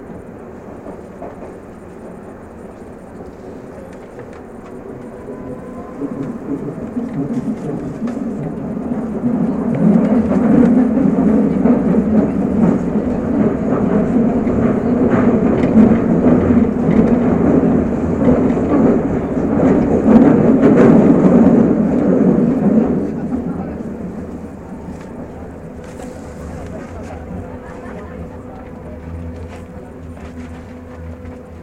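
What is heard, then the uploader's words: Muffled accidental pocket recording in which a deep rumble, like a passing train or vehicle, swells after six seconds and fades near twenty-four. Accidental recording at Märkisches Museum. The train cars closest to me were full so I ran to find - and get on - a car that wasn't packed. Just an accidental recording from my pocket.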